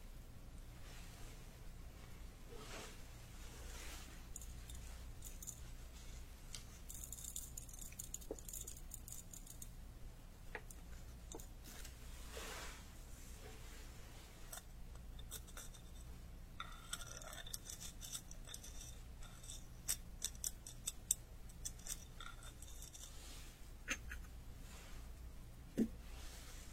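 Traditional Chinese medicine being prepared: herbs are handled and pounded. Crisp clicks, rustles and taps come in irregular bursts, growing busier and sharper after the midpoint, over a steady low hum.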